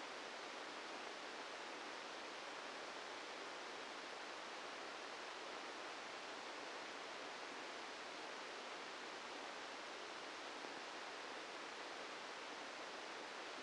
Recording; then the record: brain microelectrode recording played as sound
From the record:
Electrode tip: outside the subthalamic nucleus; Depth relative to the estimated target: 3 mm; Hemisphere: right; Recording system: NeuroSet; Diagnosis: Parkinson's disease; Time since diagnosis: 8 years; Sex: male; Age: 65 years